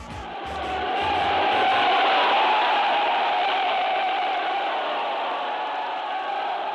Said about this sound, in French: Le général Leclerc est maintenant rentré à la préfecture. Vous avez entendu, chers amis, les cris, les applaudissements qui ont salué son entrée, son arrivée ici.